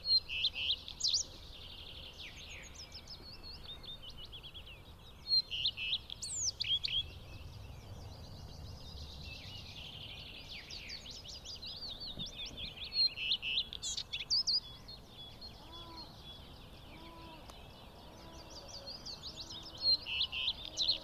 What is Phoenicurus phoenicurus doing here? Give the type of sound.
song